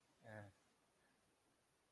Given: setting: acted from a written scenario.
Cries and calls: vocal sound without words; embarrassment

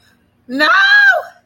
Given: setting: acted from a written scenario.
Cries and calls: vocal sound without words; distress

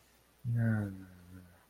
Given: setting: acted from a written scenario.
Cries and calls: vocal sound without words; disappointment

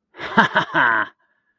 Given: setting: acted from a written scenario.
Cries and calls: vocal sound without words; triumph

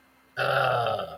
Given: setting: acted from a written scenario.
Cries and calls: vocal sound without words; disgust

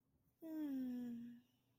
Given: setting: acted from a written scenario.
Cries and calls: vocal sound without words; serenity

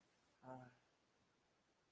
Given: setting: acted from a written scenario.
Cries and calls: vocal sound without words; distress

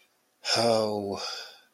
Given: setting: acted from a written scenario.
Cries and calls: vocal sound without words; romantic love

